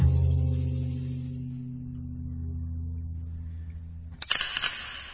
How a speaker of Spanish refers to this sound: No es tan fácil. Por muy recto que coloquemos el lápiz, siempre se acaba cayendo. Da igual cuántas veces lo intentemos o lo perfectamente vertical que lo pongamos.